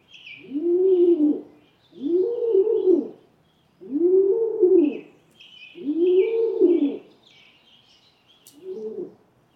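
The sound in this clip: Rock pigeon cooing steadily, five low, bubbling moans repeated about every two seconds, the last one shorter, over faint high twittering of other birds.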